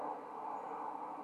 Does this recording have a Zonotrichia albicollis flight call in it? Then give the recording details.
no. No flight call is heard. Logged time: 01:31 on 5 December 2014